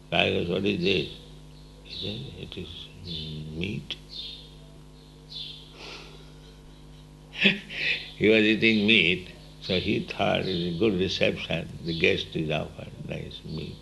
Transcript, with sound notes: So I asked, "What is this?" He said, "It is meat." [laughs] He was eating meat, so he thought it is good reception, the guest is offered nice meat.